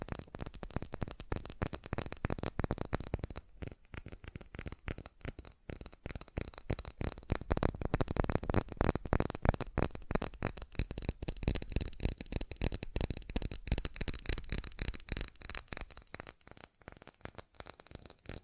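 Fast, dense tapping runs without pause for the whole clip, crisp, with a scratchy, crinkly texture.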